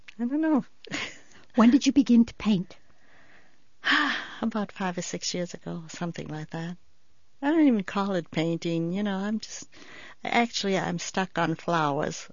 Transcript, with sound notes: don't know.
When did you begin to pain?
( she sighs ) About five or six years ago, something like that. I didn't even call it painting, you know? I'm just, actually I'm stuck on flowers.